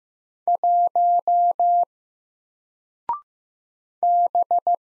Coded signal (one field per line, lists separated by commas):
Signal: Morse code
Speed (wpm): 15 wpm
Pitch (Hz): 700 Hz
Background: none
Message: 1 B